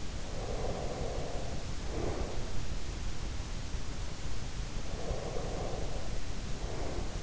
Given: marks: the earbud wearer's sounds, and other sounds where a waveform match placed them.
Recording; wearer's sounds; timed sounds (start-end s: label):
sounds in sleep by an in-ear microphone; breath
0.32-2.45 s: breath
4.78-7.23 s: breath